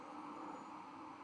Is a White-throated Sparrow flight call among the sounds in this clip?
no